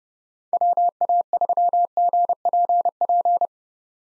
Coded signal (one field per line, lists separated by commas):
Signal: Morse code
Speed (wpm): 30 wpm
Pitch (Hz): 700 Hz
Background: none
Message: WA3GPP